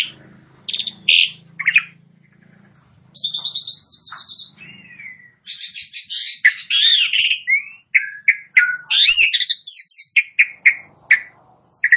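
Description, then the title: Asian pied starling singing: isolated sharp chirps, a rasping buzzy phrase, then a lively outpouring of squeaky whistles and chatter, with a faint low hum in the first part. Starts singing in less than a minute. "Belum Satu Menit Jalak Suren Langsung Bunyi"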